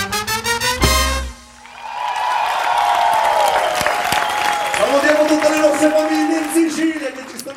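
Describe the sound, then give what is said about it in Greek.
A brief tonal burst gives way to a crowd's loud, steady applause, dense clapping sustained for several seconds with some voices or tones ringing through it. “Εδώ τα χειροκροτήματα.”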